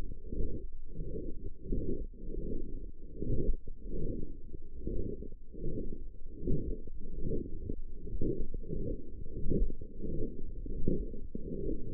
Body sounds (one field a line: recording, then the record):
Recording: forearm muscle sounds (acoustic myography)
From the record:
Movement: forearm supination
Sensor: system 1, eight BSWA MPA416 microphones around the upper forearm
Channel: 6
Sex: female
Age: 20 years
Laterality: right